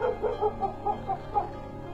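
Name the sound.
dog barking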